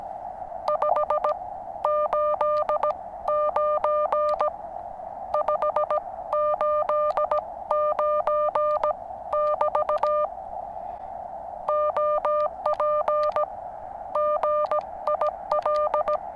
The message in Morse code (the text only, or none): 589 589 <BT> OP GIL